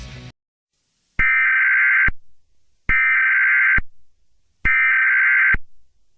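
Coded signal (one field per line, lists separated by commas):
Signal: Emergency Alert System (SAME) tones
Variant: header bursts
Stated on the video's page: Fictional EAS scenario about a school shooting.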